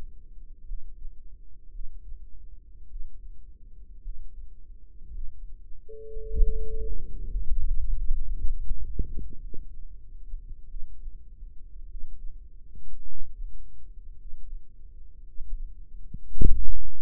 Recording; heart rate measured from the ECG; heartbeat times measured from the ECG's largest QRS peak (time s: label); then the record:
heart sounds by microphone in the right ear; 54 bpm
0.66 s: heartbeat
1.72 s: heartbeat
2.88 s: heartbeat
4.02 s: heartbeat
5.12 s: heartbeat
6.26 s: heartbeat
7.26 s: heartbeat
8.08 s: heartbeat
9.41 s: heartbeat
10.67 s: heartbeat
11.87 s: heartbeat
13.05 s: heartbeat
14.16 s: heartbeat
15.24 s: heartbeat
16.33 s: heartbeat
From the record:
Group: healthy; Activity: rest 0-6 s, Valsalva maneuver 6-17 s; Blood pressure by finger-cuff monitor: 87/54 mmHg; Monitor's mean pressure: 65 mmHg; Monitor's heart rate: 53 bpm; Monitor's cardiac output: 4.8 L/min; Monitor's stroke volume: 88 mL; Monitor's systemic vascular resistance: 960 dyn s/cm5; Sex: female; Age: 28 years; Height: 170 cm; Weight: 77 kg